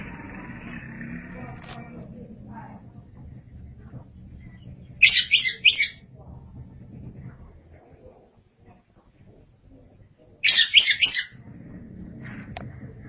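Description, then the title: Oriental magpie-robin song, two brief bursts of fast, high, scratchy notes about five seconds apart over a low background hum. "Suara Kicauan Burung Kacer Durasi Panjang"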